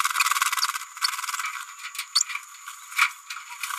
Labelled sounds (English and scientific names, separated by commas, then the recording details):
Green-rumped Parrotlet (Forpus passerinus) babbling
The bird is a male
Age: 28 days
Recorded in a nest box in Venezuela
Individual 17B102A4